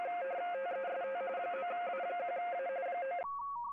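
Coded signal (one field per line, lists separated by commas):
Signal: RTTY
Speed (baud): 45.45 baud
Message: TEST 9A1A 9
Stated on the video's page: Live CQ WW RTTY contest operation.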